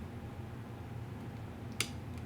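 A child pushes a battery pack's plug into the power socket on a robot's controller board against a steady low hum, with one sharp click at 1.8 seconds as the plug meets the socket. The plug ends up only partway in, which is enough, as it does not need to go all the way.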